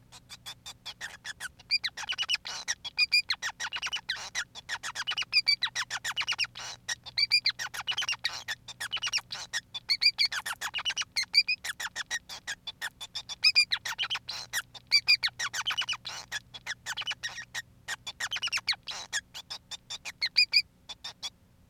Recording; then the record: song of a male Bengalese finch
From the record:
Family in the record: son of father 5